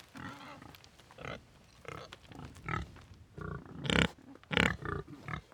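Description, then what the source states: Pig grunts and short squeals in an irregular run, with two louder bursts near the end. Pigs recorded in the Meuse.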